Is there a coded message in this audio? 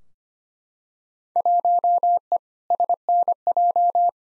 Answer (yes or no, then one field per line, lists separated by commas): yes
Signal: Morse code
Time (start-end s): 1.4-4.1 s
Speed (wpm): 25 wpm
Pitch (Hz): 700 Hz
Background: none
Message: 1E SNJ